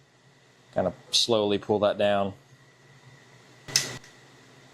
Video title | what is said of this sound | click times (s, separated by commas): Trap Line Traps | All right. So you fold it down and you can hear the click. | 3.8 s